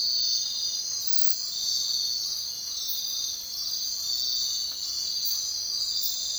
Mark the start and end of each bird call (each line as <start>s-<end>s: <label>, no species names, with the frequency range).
0.36s-5.92s: bird call (0.8-1.7 kHz)